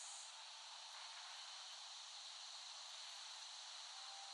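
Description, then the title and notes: Cicadas making a continuous, dense high-pitched hiss that barely changes over the few seconds. Several cicadas recorded in West Brighton, Staten Island, late summer 2008. "Recording of cicadas made by Dan Bodah in West Brighton, Staten Island, late summer 2008."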